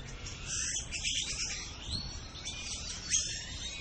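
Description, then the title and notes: Bird chorus of dense, overlapping high chirps and twitters from many birds at once, over a low steady rumble of traffic. Hundreds of birds resting in a few trees at dusk, about to sleep, Mexico City; urban area with car and motorcycle engines audible. "Aves A Punto De Dormir. La Ciudad de México. unos cuantos árboles que dan casa y lugar de descanso de cientos de aves"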